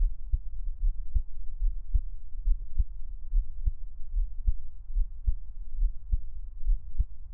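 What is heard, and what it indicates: Deep, muffled thumps repeat in a steady rhythm at about 72 beats a minute, with softer secondary beats between them. A low hum sits underneath. This is an adult's own heartbeat, heard up close as Taiwanese ASMR, with no talking.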